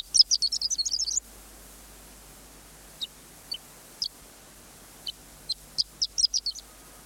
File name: hornedlark